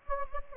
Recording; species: mosquito wingbeat signal from an infrared sensor; Anopheles gambiae